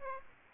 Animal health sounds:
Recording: mosquito wingbeat signal from an infrared sensor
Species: Aedes aegypti

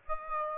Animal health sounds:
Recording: mosquito wingbeat signal from an infrared sensor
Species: Aedes aegypti

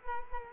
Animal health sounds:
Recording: mosquito wingbeat signal from an infrared sensor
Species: Culex quinquefasciatus

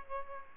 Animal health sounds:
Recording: mosquito wingbeat signal from an infrared sensor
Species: Aedes aegypti

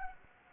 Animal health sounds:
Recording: mosquito wingbeat signal from an infrared sensor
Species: Anopheles gambiae

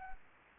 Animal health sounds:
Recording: mosquito wingbeat signal from an infrared sensor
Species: Anopheles arabiensis

